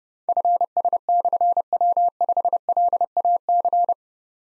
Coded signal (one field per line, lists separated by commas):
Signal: Morse code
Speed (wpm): 30 wpm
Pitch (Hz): 700 Hz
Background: none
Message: FS/W5LAC